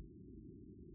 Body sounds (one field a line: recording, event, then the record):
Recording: neck accelerometer signal played as sound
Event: no cough (speech, laughter, throat clearing or background)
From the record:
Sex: male